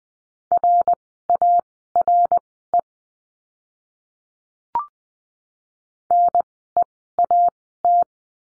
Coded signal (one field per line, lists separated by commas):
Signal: Morse code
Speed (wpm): 20 wpm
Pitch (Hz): 700 Hz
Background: none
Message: RARE NEAT